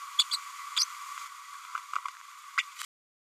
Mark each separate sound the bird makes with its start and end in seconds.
0.18-0.24, 0.31-0.37, 0.76-0.85, 2.57-2.62